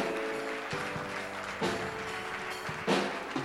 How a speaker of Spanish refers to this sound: Dale tu mejor aplauso al Señor. Sí, Señor. Santo.